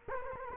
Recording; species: mosquito wingbeat signal from an infrared sensor; Culex quinquefasciatus